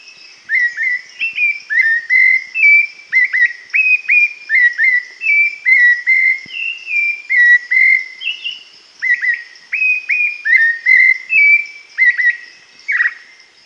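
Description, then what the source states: Rufous-bellied Thrush singing a steady run of clear whistled phrases, each short and slurred, repeated in quick succession with brief pauses, over a constant high hiss. Sabiá-laranjeira, described as Brazil's symbol bird; nesting at this time of year, song heard everywhere.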